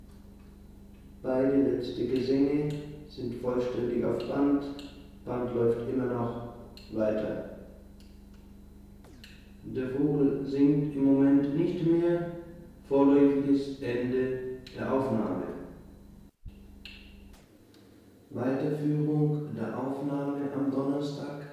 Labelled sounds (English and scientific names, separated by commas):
Willow Warbler (Phylloscopus trochilus)